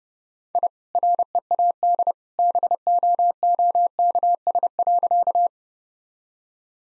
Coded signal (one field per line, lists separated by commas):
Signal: Morse code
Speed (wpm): 30 wpm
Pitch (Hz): 700 Hz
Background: none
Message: I READ BOOKS.